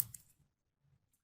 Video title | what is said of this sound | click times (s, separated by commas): Funai Manufactured VCR Eating Tapes? Here's How To Fix It. (Mechanisms From 1993 - 2000) | this snaps back in like so then | 0.0 s